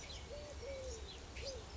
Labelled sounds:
Eurasian Collared Dove (Streptopelia decaocto)
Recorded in Sonoma County, California

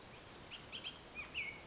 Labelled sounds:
Bullock's Oriole (Icterus bullockii)
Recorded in Sonoma County, California

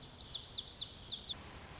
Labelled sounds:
Lazuli Bunting (Passerina amoena)
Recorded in Sonoma County, California

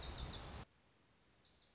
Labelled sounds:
Lazuli Bunting (Passerina amoena)
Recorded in Sonoma County, California

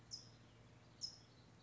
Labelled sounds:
California Towhee (Melozone crissalis)
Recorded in Sonoma County, California

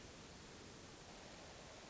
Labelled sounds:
Hermit Thrush (Catharus guttatus)
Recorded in Sonoma County, California

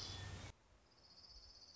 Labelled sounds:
Orange-crowned Warbler (Leiothlypis celata)
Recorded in Sonoma County, California

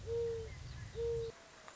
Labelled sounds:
Mourning Dove (Zenaida macroura)
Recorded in Sonoma County, California

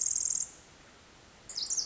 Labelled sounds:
Pacific Wren (Troglodytes pacificus)
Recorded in Sonoma County, California

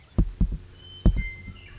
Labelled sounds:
Western Meadowlark (Sturnella neglecta)
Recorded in Sonoma County, California

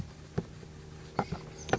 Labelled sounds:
Oak Titmouse (Baeolophus inornatus)
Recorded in Sonoma County, California

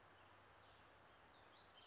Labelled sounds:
Brown Creeper (Certhia americana)
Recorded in Sonoma County, California

